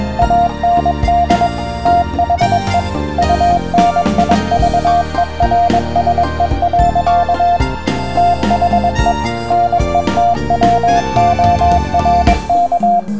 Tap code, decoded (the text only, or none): none